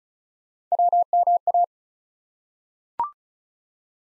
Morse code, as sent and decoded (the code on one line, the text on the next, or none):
.-- -- .-
WMA